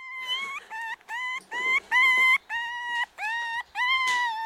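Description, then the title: Red fox cub giving a series of whining cries, each rising slightly at its start. One-week-old red fox cub, recorded at Buoux, Vaucluse, in 2001. "Sylvain Jaskowiak - Animus. Renardeau agé d'une semaine - Buoux, Vaucluse - 2001"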